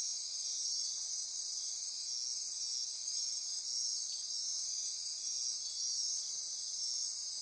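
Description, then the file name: Insect chorus of dense, high, continuous trilling, almost unchanging over the whole stretch, with faint pulsing. Insect chorus recorded at midnight near Corcovado. "Wind-is-the-Original-Radio-Fridays 20240628 Andy-Martin Midnight-Insect-Chorus-Near-Corcovado"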